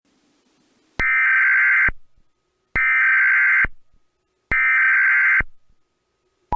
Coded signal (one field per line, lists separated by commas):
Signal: Emergency Alert System (SAME) tones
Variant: header bursts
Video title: KGG68 EAS Industrial Fire TEST